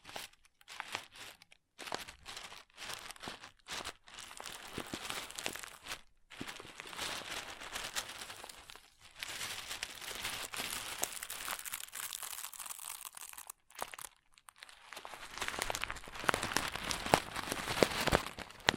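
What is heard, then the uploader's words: Crunchy slime being squeezed and worked, making dense crackling, crinkling sounds in quick bursts. The crunching comes in short runs broken by brief silences, most often in the first few seconds, then settles into longer, steadier stretches that grow a bit louder near the end. ASMR Satisfying Crunchy Slime (No Talking).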